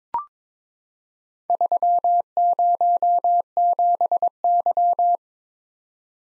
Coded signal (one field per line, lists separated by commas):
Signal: Morse code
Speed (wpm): 22 wpm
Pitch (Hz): 700 Hz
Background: none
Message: 307Y